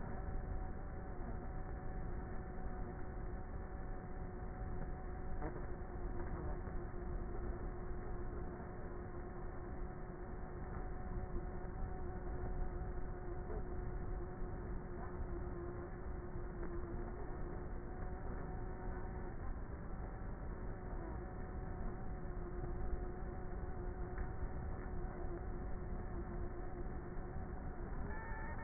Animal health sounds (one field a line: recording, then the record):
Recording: honeybee colony, microphone inside the hive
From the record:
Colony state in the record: queenless with a low population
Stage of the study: before two queens were removed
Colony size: about 30,000 bees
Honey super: no